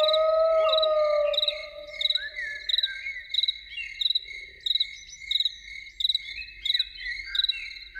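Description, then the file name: Loon wail: one long, steady, mournful low tone held for over a second, then fading, while crickets chirp rhythmically throughout. Evening. "Evening with Loons"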